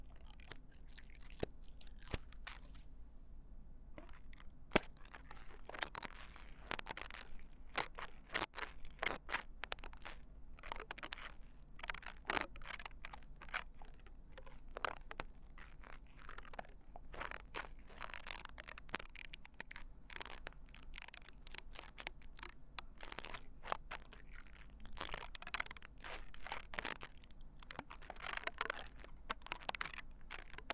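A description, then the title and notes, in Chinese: Close ear cleaning sounds: dense crackling, scratching and rustling right at the ear, like a pick and soft fluffy tools working inside. The scraping starts sparse, then becomes steady and busy after a few seconds, with sharp clicks scattered throughout over a faint low hum. ASMR×KU100。掏耳．梵天．馬尾絲。Deep Ear Cleaning。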